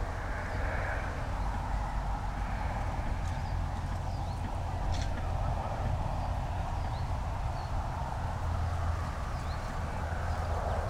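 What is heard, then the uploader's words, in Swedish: Reedbed birds sing in a wetland soundscape: thin, high chirps and short phrases come and go over a constant low rumble that never lets up. A busier midrange murmur, like distant cackling, runs underneath, and a sharper burst of calls stands out around five seconds. Dalbyvikens ljudlandskap i maj. Sävsångare och sävsparv sjunger envist, några skäggmesar flyger förbi, en vattenrall grymtar missnöjt när några grågäss flyger över under vilt kacklande. Ljuden är inspelade med Telingas SSM-mikrofon och en Olympus LS-14 samt PRO-8 MK2 parabolmikrofon och en Zoom H4.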